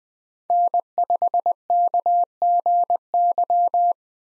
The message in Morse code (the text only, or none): N5KGY